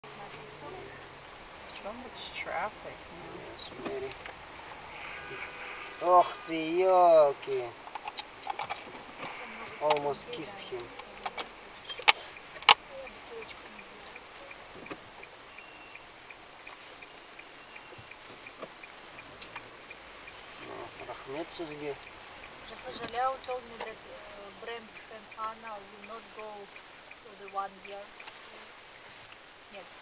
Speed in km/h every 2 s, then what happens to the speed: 0, 10, 6, 2, 0, 0, 0, 0, 0, 0, 0, 0, 0, 0, 0.
0-2 pulls away to 10. 2-6 slows to 2. 6-30 standing.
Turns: none.